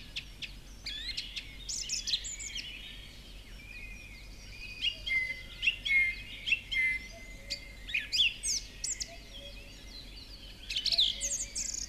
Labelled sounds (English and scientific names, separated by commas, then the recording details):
Song Thrush (Turdus philomelos) song
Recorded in the wild
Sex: male
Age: adult
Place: Villach, Kärnten, AT
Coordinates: 46.6, 13.85
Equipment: Uher 4100 Report-V, Sennheiser MKH 804
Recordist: Brunner, Thomas
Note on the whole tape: 1972 in Warmbad im Talboden aufgenommen